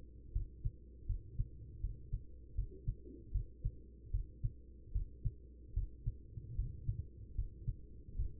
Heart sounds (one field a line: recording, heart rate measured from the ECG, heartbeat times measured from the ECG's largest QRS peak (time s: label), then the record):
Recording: heart sounds by stethoscope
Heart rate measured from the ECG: 77 bpm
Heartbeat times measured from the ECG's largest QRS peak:
0.32 s: heartbeat
1.06 s: heartbeat
1.80 s: heartbeat
2.55 s: heartbeat
3.31 s: heartbeat
4.11 s: heartbeat
4.92 s: heartbeat
5.73 s: heartbeat
6.55 s: heartbeat
7.35 s: heartbeat
8.15 s: heartbeat
From the record:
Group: healthy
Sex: female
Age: 43 years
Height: 160 cm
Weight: 90 kg